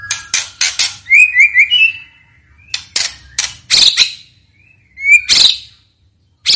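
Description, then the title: White-rumped shama making sharp clicking bursts and harsh chatters with a short run of whistled notes, in a choppy, broken sequence. Song used as a lure to make birds respond. "PANCINGAN MEWAH MURAI BATU GACOR, SEKALI DENGAR AMPUH LANGSUNG RESPON"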